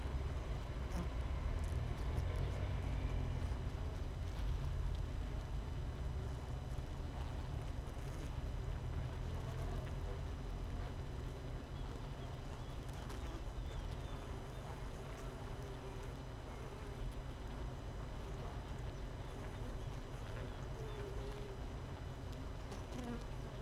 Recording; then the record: honeybee colony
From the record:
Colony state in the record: missing queen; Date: 31 May 2018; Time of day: 6:30